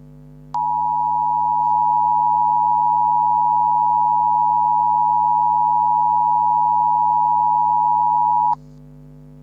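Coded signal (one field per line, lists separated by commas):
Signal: Emergency Alert System (SAME) tones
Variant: 853 and 960 Hz attention tone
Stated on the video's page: Laos EAS alarm on TV.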